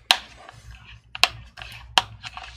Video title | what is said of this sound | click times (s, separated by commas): Dell Laptop Has Fuzzy Pixelated Screen | going to hear that little click sound | 0.1 s, 1.2 s, 2.0 s